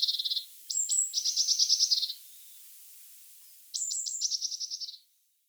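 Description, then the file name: Eurasian blue tit scolding calls: high thin notes running into long buzzy churring rattles, two main bouts. "Cyanistes caeruleus"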